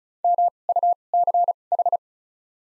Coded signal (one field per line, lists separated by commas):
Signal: Morse code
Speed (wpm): 36 wpm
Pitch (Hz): 700 Hz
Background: none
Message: MUCH